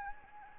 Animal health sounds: mosquito wingbeat signal from an infrared sensor; Anopheles gambiae

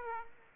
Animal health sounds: mosquito wingbeat signal from an infrared sensor; Aedes aegypti

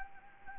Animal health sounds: mosquito wingbeat signal from an infrared sensor; Anopheles gambiae

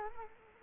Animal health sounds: mosquito wingbeat signal from an infrared sensor; Culex quinquefasciatus

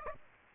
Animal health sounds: mosquito wingbeat signal from an infrared sensor; Aedes aegypti

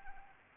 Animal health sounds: mosquito wingbeat signal from an infrared sensor; Anopheles arabiensis

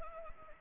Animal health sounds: mosquito wingbeat signal from an infrared sensor; Anopheles arabiensis

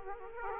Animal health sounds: mosquito wingbeat signal from an infrared sensor; Aedes aegypti

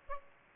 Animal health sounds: mosquito wingbeat signal from an infrared sensor; Aedes aegypti

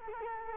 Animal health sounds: mosquito wingbeat signal from an infrared sensor; Culex quinquefasciatus

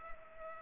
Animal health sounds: mosquito wingbeat signal from an infrared sensor; Culex pipiens

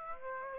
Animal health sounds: mosquito wingbeat signal from an infrared sensor; Aedes aegypti

